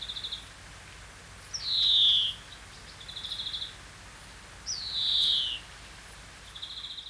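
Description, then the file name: European greenfinch alternating quick twittering trills with two drawn-out, falling nasal wheezes, each about a second long. "Chloris chloris"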